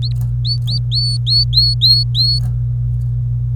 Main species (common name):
Domestic Canary